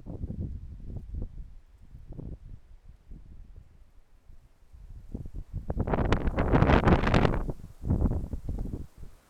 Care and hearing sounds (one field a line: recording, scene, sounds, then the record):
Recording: everyday scene through a hearing-aid microphone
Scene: wind on the microphone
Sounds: wind, traffic, birds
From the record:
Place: suburban garden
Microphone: behind the ear, left, front